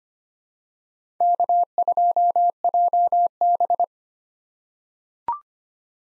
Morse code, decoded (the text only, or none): K2JB